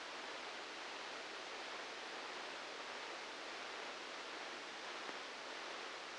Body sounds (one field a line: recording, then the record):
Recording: brain microelectrode recording played as sound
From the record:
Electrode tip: outside the subthalamic nucleus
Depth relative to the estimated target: -4 mm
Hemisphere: left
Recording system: NeuroSet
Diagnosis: Parkinson's disease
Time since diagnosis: 19 years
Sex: female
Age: 69 years